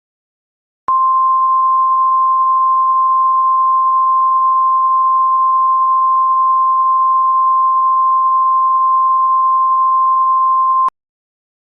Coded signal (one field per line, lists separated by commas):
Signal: Emergency Alert System (SAME) tones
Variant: 1050 Hz attention tone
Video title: EAS Mock: Yoshi's Island Attack (Test)